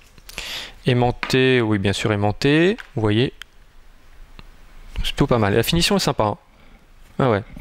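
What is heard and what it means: The magnetic closure flap of a phone case, holding a phone that has just clipped in without trouble, is closed and snaps shut with a sharp click at about 0.4 s, after a few lighter taps. Someone then talks through the rest of the clip, with a faint tick near 4.4 s.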